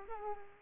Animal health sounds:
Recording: mosquito wingbeat signal from an infrared sensor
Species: Culex pipiens

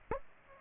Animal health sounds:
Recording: mosquito wingbeat signal from an infrared sensor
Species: Aedes aegypti

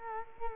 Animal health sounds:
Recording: mosquito wingbeat signal from an infrared sensor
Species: Culex quinquefasciatus

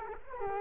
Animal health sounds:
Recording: mosquito wingbeat signal from an infrared sensor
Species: Culex quinquefasciatus

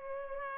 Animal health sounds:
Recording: mosquito wingbeat signal from an infrared sensor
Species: Culex pipiens

